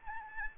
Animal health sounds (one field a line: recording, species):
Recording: mosquito wingbeat signal from an infrared sensor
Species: Aedes albopictus